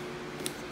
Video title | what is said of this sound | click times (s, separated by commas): DF Goblin Kit Car Build - Part 5 | the starter cable is now installed so it's time to put the fuse box cover on boom just like that clicks | 0.5 s